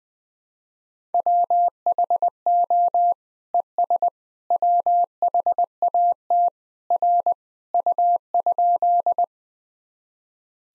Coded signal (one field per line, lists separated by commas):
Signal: Morse code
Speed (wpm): 20 wpm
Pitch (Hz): 700 Hz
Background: none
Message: WHO ES WHAT R U?